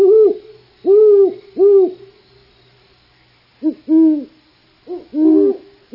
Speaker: The only sound we'll hear is the great horned owl's nighttime refrain. Who's awake?